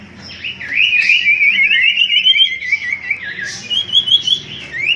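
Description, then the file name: Common iora song: a continuous run of wavering, warbled whistles held around a steady pitch with quick trills, a brighter rising phrase near the end. Whistled song used as a lure (pancingan) for bird catching; local name cipo. "siulan cipo untuk pancingan"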